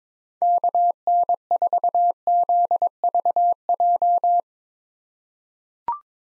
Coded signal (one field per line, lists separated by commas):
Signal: Morse code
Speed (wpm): 22 wpm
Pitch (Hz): 700 Hz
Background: none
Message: KN4ZVJ